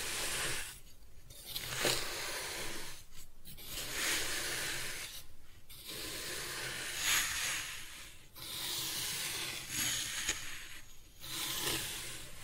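Kinetic sand is cut and scooped in a steady rhythm: soft grainy scraping strokes, each lasting one to two seconds, separated by brief quiet gaps about every two seconds. The strokes are crisp and bright, with a faint low hum underneath throughout.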